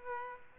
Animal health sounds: mosquito wingbeat signal from an infrared sensor; Aedes aegypti

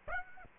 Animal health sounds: mosquito wingbeat signal from an infrared sensor; Aedes aegypti

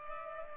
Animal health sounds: mosquito wingbeat signal from an infrared sensor; Culex pipiens

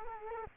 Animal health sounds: mosquito wingbeat signal from an infrared sensor; Culex quinquefasciatus

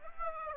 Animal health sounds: mosquito wingbeat signal from an infrared sensor; Aedes aegypti

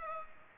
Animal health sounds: mosquito wingbeat signal from an infrared sensor; Culex pipiens

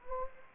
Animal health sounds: mosquito wingbeat signal from an infrared sensor; Anopheles gambiae

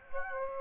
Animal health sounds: mosquito wingbeat signal from an infrared sensor; Aedes aegypti

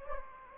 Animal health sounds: mosquito wingbeat signal from an infrared sensor; Anopheles gambiae

